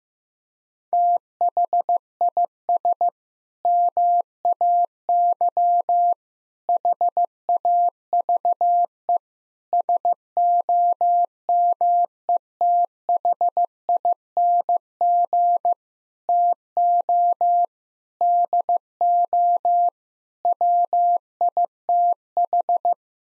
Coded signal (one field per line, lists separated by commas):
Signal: Morse code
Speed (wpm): 15 wpm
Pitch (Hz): 700 Hz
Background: none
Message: THIS MAY HAVE SOMETHING TO DO WITH